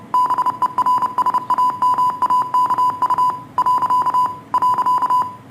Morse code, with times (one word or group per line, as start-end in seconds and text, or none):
0.1-3.3 BERSAMAKU
3.6-4.3 .
4.5-5.2 .